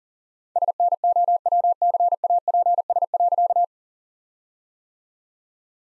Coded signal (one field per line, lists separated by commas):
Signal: Morse code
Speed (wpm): 37 wpm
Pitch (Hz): 700 Hz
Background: none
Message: SNOWCAPS.